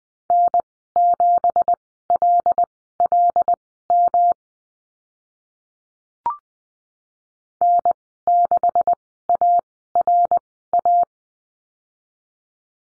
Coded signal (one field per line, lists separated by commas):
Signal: Morse code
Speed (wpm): 20 wpm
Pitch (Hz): 700 Hz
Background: none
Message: N7LLM N6ARA